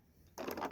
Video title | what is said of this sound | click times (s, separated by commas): Block building with you! | you hear it snap it kind of clicked oh | 0.4 s